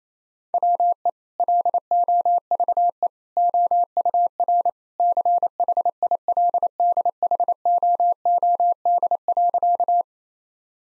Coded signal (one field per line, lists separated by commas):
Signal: Morse code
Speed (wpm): 28 wpm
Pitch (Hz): 700 Hz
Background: none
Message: WE LOVE OUR CHILDHOOD.